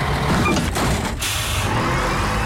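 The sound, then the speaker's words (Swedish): A bus rumbles in as it pulls up, its low engine drone steady and loud, with broad hissing bursts of air brakes early on before the noise settles into a constant roar. “Hej du som inte springer efter bussen utan tänker, är lugnt, här kommer en ny snart.”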